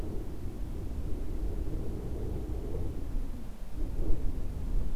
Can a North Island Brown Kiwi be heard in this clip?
no